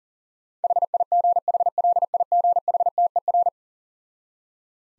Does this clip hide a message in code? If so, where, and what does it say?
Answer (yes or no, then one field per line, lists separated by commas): yes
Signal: Morse code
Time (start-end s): 0.6-3.5 s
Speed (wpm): 40 wpm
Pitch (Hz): 700 Hz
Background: none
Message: HIGHLIGHTER